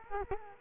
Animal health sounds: mosquito wingbeat signal from an infrared sensor; Culex quinquefasciatus

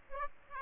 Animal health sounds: mosquito wingbeat signal from an infrared sensor; Aedes aegypti

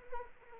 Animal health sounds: mosquito wingbeat signal from an infrared sensor; Anopheles arabiensis

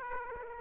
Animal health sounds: mosquito wingbeat signal from an infrared sensor; Aedes aegypti

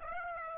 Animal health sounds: mosquito wingbeat signal from an infrared sensor; Aedes aegypti

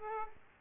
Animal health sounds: mosquito wingbeat signal from an infrared sensor; Aedes aegypti

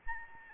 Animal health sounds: mosquito wingbeat signal from an infrared sensor; Aedes albopictus

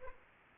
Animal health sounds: mosquito wingbeat signal from an infrared sensor; Aedes aegypti

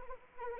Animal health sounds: mosquito wingbeat signal from an infrared sensor; Anopheles arabiensis

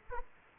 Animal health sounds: mosquito wingbeat signal from an infrared sensor; Culex quinquefasciatus

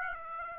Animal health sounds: mosquito wingbeat signal from an infrared sensor; Aedes aegypti

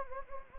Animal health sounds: mosquito wingbeat signal from an infrared sensor; Anopheles gambiae

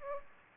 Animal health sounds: mosquito wingbeat signal from an infrared sensor; Aedes aegypti

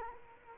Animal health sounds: mosquito wingbeat signal from an infrared sensor; Culex quinquefasciatus

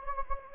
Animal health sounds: mosquito wingbeat signal from an infrared sensor; Anopheles gambiae

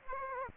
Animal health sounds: mosquito wingbeat signal from an infrared sensor; Aedes aegypti

